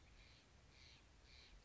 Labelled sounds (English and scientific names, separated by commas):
Steller's Jay (Cyanocitta stelleri)